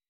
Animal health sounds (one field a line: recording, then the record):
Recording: hydrophone in a shrimp aquaculture tank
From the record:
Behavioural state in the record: weakened